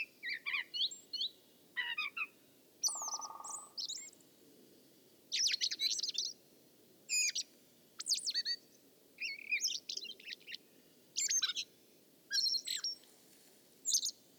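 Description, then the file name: Common blackbird producing sharp, high squeaky notes and twitters in separated bursts, a short droning hum heard near the start. "Turdus merula"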